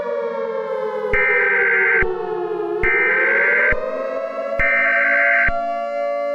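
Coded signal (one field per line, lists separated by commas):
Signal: Emergency Alert System (SAME) tones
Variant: header bursts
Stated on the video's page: Fictional EAS scenario containing valid EAS tones that can trigger real alert equipment.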